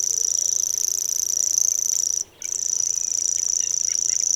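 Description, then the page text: Common grasshopper warbler reeling song, a high, even, insect-like trill held without pause, briefly broken by a short gap just past two seconds. Song of a singing bird; recorded 27 July 2008 at Bebertal, Germany. "Here is a sound recording of a singing Common Grasshopper Warbler"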